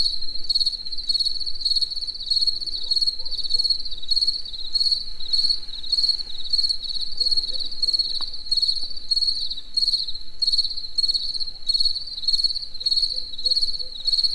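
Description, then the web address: High cricket trilling in regular pulsed chirps, joined now and then by faint low tonal notes from another source. Cricket in nature in the evening near the Eger tourist house. "allathangok termeszetben tucsok estefele egerturistahaz"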